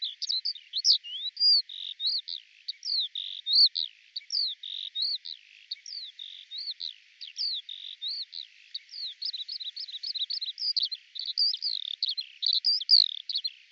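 Eurasian skylark song: a breathless, high-pitched run of twittering notes, short buzzes and rising whistles, delivered nonstop with varying loudness.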